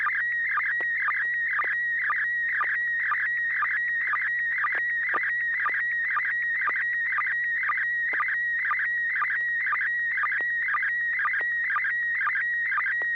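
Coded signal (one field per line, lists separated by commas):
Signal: SSTV (slow-scan television)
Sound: continuous warbling tone with rhythmic short low chirps, about two per second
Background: low hum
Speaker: River City Arc slow scan TV net this net serves for training and practice in image transmission modes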